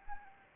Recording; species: mosquito wingbeat signal from an infrared sensor; Anopheles arabiensis